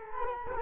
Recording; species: mosquito wingbeat signal from an infrared sensor; Culex quinquefasciatus